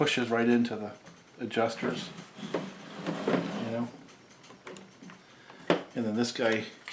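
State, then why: Not seated. Someone talks while handling a small plastic piece near the carburetor adjusters of a Farmertec/Huztl 036 kit chainsaw during final assembly, pressing it toward the housing. Soft handling knocks come around 4.7 to 5.7 s, the sharpest at 5.7 s. Nothing has seated or clicked into place yet.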